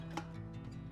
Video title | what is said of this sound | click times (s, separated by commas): Beginner's Guide: Black Bosch Universal Plus Mixer | going to place those on and turn until you hear a click | 0.2 s